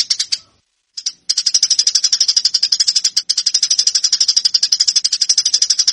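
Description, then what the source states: Eurasian tree sparrow song: a few high chirps, a short pause, then a fast, almost unbroken series of harsh chirps. Master song used to train fighting (tarung) tree sparrows.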